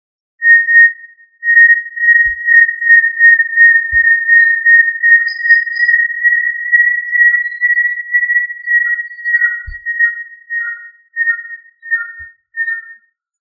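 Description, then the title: Tinamou whistling: a long series of pure, level whistled notes, close-spaced at first, then shorter notes alternating with slightly lower ones, with a few faint taps. "Familia Tinamidae"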